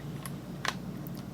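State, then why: Partly seated. The plastic body shell of a U.S. Army AHM model train locomotive is pressed down onto its chassis, with only the two locking tabs at the back still intact. Faint ticks are heard at 0.3 s and 0.7 s, with a softer tick near 1.1 s, over a low steady hum. The shell only partly locks onto the chassis and is not entirely locked down.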